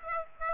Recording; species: mosquito wingbeat signal from an infrared sensor; Aedes aegypti